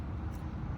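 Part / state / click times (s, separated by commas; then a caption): solar panel extension cable PV connector into charge controller PV lead connector / not seated / none. A solar panel extension cable's two PV connectors are being handled for pushing into the pre-terminated PV connectors on a WindyNation golf cart solar charge controller until they latch. Only a steady, low rumbling background noise is heard, with no distinct sounds. Nothing has seated or clicked yet.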